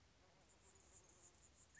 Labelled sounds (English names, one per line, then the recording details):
Anna's Hummingbird
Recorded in Sonoma County, California